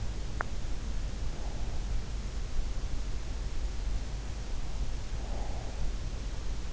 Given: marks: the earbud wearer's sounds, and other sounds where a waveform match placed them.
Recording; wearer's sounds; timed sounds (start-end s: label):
sounds in sleep by an in-ear microphone; teeth grinding, breath
0.27-0.76 s: teeth grinding
1.04-2.08 s: breath
5.22-5.84 s: breath